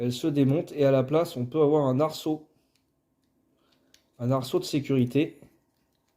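Someone talks while handling a removable plastic roll bar near the body of a die-cast Majorette toy Jeep, with only faint handling ticks in the quiet pause between the talking. The roll bar has not been clipped on yet, and nothing has seated or clicked yet.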